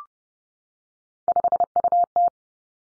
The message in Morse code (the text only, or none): 5UT